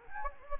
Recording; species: mosquito wingbeat signal from an infrared sensor; Anopheles gambiae